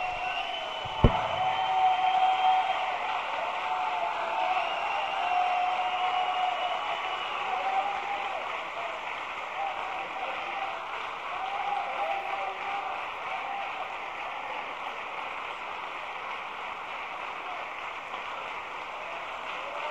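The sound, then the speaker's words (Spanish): An audience claps in a dense, steady wash of applause that holds for about twenty seconds, opening with a single sharp knock and slowly easing in loudness. “Aplaude, aplaude hoy.”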